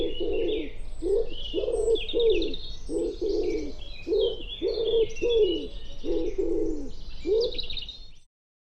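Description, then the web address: Bird cooing repeatedly in low, husky notes, often paired and slightly falling, while smaller birds chirp and trill high above throughout. "cianscape birddata Deverinetal 2025 Bird Co Pa Co Pa"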